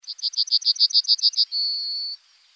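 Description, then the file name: Bunting song: a quick run of about ten bright, evenly repeated high notes, ending in a long, drawn-out high note. "bruant"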